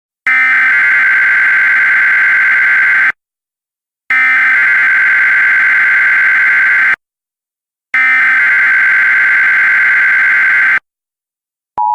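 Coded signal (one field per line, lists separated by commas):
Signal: Emergency Alert System (SAME) tones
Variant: header bursts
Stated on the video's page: Fictional EAS-style notification.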